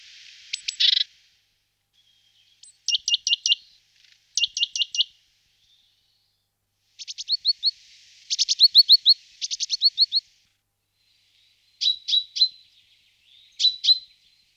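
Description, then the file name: Great tit calls: short bursts of quick repeated high notes, several clusters spaced a second or two apart, opening with a brief buzzy note. "parus major"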